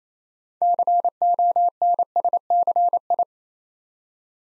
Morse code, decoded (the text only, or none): CONSCI